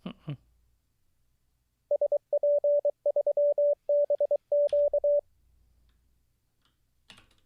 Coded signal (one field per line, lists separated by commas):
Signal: Morse code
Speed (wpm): 23 wpm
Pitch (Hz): 580 Hz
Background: none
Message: SP3BQ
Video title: How To Learn Morse Code LIVE with N0SSC (Day 23)